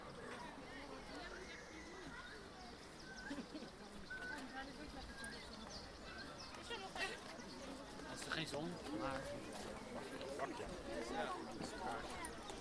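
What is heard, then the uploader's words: Visitors chatter on a walk through the zoo, several voices overlapping in a steady murmur with brighter voices and children's calls rising above it. Short sharp clicks and knocks come every second or so, louder after the first few seconds, over a low outdoor hum. A walk through the zoo Blijdorp, Rotterdam. It was way too crowded. Record the visitors around me while walking through the zoo.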